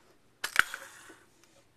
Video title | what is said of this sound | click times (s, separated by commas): How To Load A 35mm Camera | you pull up this lever right here until you hear a snap and | 0.6 s